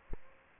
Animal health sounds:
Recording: mosquito wingbeat signal from an infrared sensor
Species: Aedes aegypti

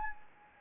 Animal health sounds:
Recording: mosquito wingbeat signal from an infrared sensor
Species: Anopheles gambiae

